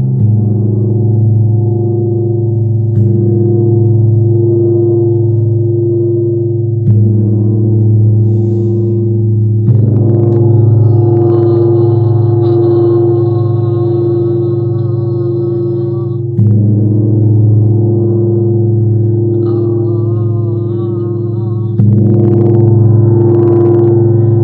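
A gong sounds in long, overlapping swells, struck afresh about every three to six seconds, each strike adding a soft attack to the ongoing hum. The tone is deep and steady, with shimmering higher overtones that bloom and waver after some strikes.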